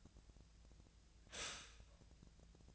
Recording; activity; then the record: daily activity, microphone in the room; stop toaster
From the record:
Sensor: 2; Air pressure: 1009.1 hPa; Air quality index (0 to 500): 186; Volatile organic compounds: 11 ppm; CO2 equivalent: 2310 ppm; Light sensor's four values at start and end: 23/56/24/26 and 23/56/24/26